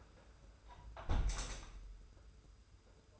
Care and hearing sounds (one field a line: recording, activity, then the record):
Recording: daily activity, microphone in the room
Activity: close window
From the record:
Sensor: 2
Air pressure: 991.1 hPa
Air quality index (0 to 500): 120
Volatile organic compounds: 84 ppm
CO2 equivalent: 3636 ppm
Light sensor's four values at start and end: 37/108/43/41 and 36/106/42/40